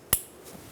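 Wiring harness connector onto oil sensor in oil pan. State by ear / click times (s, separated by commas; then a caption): seated / 0.1 s. A wiring harness connector is pushed onto the oil sensor on a new aluminum oil pan of a 2008-2012 Honda Accord 3.5L V6. A single sharp click sounds at 0.1 seconds, followed by quiet. The connector is seated.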